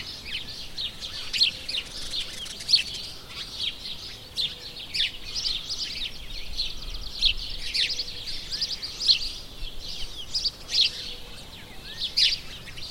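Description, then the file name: House sparrow chirps, a busy stream of harsh overlapping chirps, continuous throughout. "Passer domesticus"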